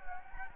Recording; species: mosquito wingbeat signal from an infrared sensor; Anopheles gambiae